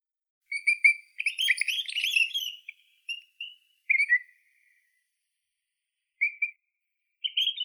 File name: Pinicola enucleator